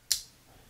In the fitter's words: It just has a little bit of a detent here. Kind of clicks into place.